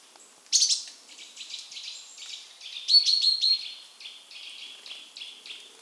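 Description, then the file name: Great tit chatter: a harsh buzzy opening, then quick repeated clipped notes, a louder grating stretch midway, and further evenly spaced notes trailing off. "Parus major"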